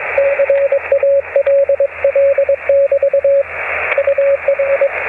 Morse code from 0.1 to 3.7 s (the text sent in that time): CALL<BT>